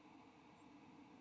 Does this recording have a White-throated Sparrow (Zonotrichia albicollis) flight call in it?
no